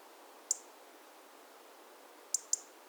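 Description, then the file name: European robin giving high, dry ticks: one single click, then a quick pair near the end, with soft hiss between. "Erithacus rubecula"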